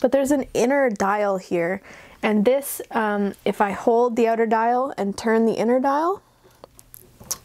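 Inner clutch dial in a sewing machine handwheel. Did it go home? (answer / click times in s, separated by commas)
no / none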